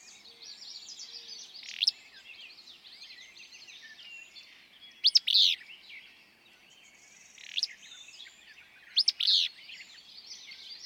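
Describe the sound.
Willow flycatcher song, emphatic burry two-part phrases repeated every few seconds, with a dense chorus of other birds behind.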